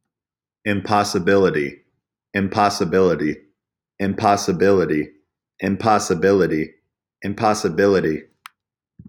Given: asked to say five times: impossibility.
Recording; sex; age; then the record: repeated word; male; 20 to 29 years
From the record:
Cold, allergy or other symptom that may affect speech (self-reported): no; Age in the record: 27 years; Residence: Tennessee, United States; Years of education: 16